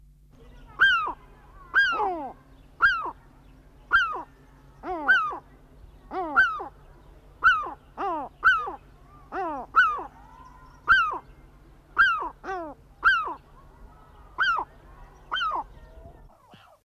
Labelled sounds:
European Herring Gull (Larus argentatus) call
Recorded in captivity
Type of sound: call
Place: Zoo & Tierpark Mülheim an der Ruhr, Nordrhein-Westfalen, DE
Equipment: Halbspur, 9,5 cm/s
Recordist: Lütgens, Hans
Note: Weibchen mit dumpfen Lauten auf dem Nest. Männchen warnt laut

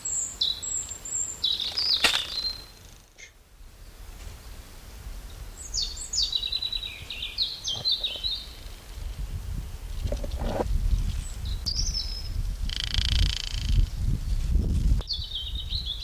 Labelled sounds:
European Robin (Erithacus rubecula) song
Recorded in the wild
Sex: male
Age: adult
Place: Buckow (Märkische Schweiz), Märkische Schweiz, Brandenburg, DE
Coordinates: 52.5536, 14.0725
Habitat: forest
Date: 1988-04-16 13:57
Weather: 22,3 -27,2°C
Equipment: Sony WM-D6C, Sony ECM-939 LT, Kopie 19 cm
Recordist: Tembrock, Günter

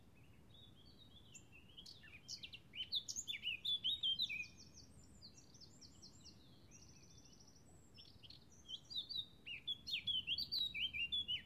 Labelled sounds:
Eurasian Blackcap (Sylvia atricapilla) song
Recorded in the wild
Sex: male
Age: adult
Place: Tiuccia, Corsica, FR
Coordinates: 42.0714, 8.73222
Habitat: macchia
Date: 2011-07-14
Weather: sunny, 20°C, weak wind
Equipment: Zoom H2, rear micophones
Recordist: Frommolt, Karl-Heinz

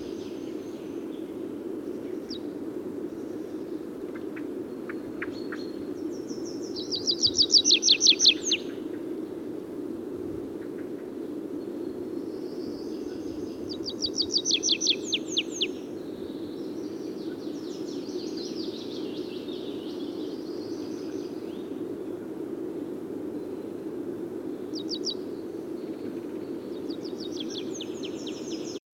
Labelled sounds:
Tree Pipit (Anthus trivialis) song
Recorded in the wild
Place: Hohenzieritz, Mecklenburg-Vorpommern, DE
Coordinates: 53.457, 13.11
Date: 1980-05-01 10:30
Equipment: Nagra III BH, Sennheiser MD 21, parabola
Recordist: Schubert, Michael

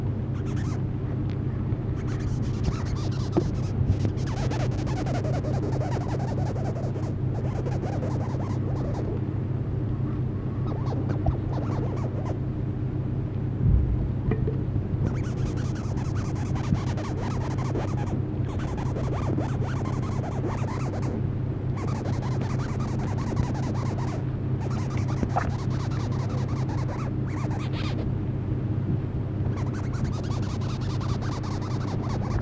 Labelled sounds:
Eyed Longhorn Beetle (Oberea oculata) stridulation
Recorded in captivity
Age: imago
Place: Zoologisches Institut der HUB, Berlin, DE
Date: 1967-06-01
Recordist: TSA
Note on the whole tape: Keine Ortsangabe, vermutlich Zoologisches Institut der HUB, Aufnahmen entstanden im Juni 1967. Weidenlinien-Bock, auch Rothalsiger Weidenbock: Stridulations-Laute

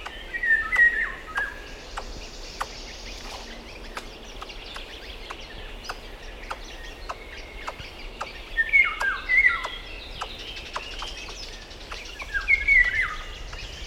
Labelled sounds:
Eurasian Red Squirrel (Sciurus vulgaris) call
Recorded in the wild
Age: adult
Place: Bucher Wald, Berlin, DE
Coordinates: 52.65, 13.48
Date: 1965-06-06 12:30
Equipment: Uher 4200 Report Stereo, Sennheiser MD 421, Transistorverstärker
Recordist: Tembrock, Günter

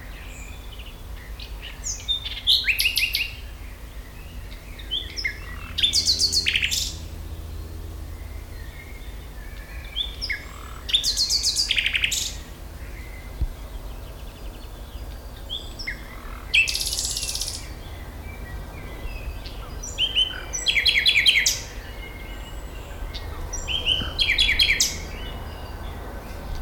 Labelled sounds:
Common Nightingale (Luscinia megarhynchos)
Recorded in the wild
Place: Schloßpark Niederschönhausen, Berlin, DE
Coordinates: 52.58, 13.4
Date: 1996-05-26 17:45
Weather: wechselnd wolkig, 17°C
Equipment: Sony MD-WM MZ-R3, Sennheiser MKH 416 T, Kopie Uher 4000 Report Monitor
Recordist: Tembrock, Günter

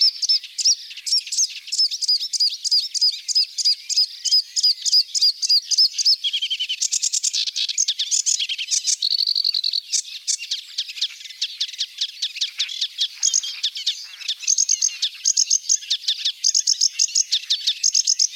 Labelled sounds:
Sedge Warbler (Acrocephalus schoenobaenus) song
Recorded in the wild
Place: Flögelner See, Schleswig-Holstein, DE
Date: 1982-05-30
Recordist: Schwarz, Dieter

